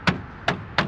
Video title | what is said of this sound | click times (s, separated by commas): 2025 F150 Grill Full Removal & Install - Easier than it Seems!!! (w/Airdam) | all the way down, and you'll hear it go click, click, click all the way through. | 0.1 s, 0.5 s, 0.8 s